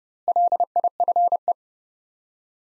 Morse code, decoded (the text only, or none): LIFE